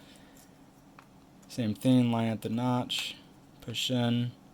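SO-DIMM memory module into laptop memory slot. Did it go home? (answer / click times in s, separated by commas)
no / none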